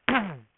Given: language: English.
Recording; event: throat vibration sensor signal played as sound; throat clearing